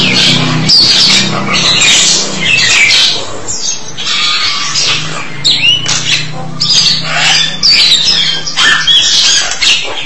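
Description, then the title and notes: Starling song, varied rasping chatter and squeaky notes in uneven bursts, with a low hum beneath. "suara burung jalak"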